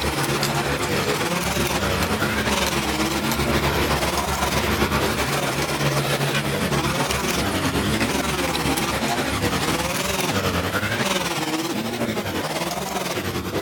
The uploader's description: A brief variety of manipulated tamping sounds overlaid, rhythmicized and mixed.